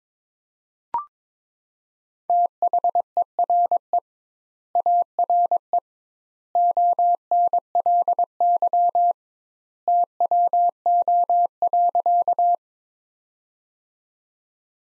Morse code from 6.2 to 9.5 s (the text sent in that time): ONLY